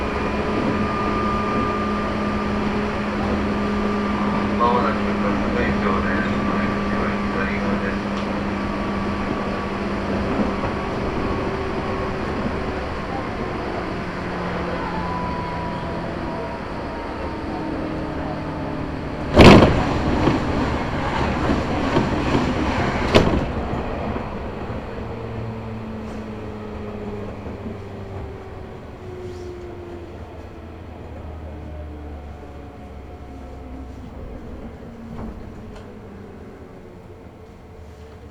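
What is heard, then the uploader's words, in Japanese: A local train on the Chuo East Line rolls along with a steady, dense rumble and drawn-out tones that slowly fall as it slows. Two sharp loud bangs strike near 19 and 23 seconds, after which the running noise grows quieter and softer. 中央東線 普通 韮崎→東山梨。韮崎を出てもまだ下り続けて甲府盆地に入ります。甲府に着くと学校帰りの高校生がドッと乗ってきて車内が混雑してきます。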